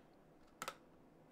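The first, inside RAM module is pushed down into a motherboard DIMM slot until its retention clips lock on both sides. Two sharp clicks are heard at 0.6 s and 0.7 s over quiet background. The module is seated.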